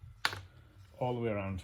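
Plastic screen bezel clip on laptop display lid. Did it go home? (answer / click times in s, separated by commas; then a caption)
released / 0.2 s. A plastic screen bezel clip on a laptop display lid is pried up with the thumbs and snaps free with a single sharp click at 0.3 s. From about 1.0 s, someone talks. The bezel clip is released.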